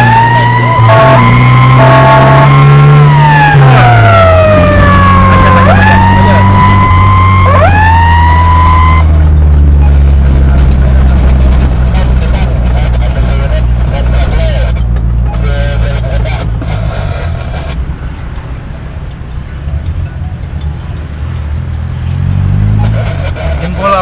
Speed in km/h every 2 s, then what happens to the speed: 39, 47, 48, 52, 48, 43, 37, 36, 30, 27, 21, 14.
0-6 speeds up to 52. 6-21 slows to 14.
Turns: none.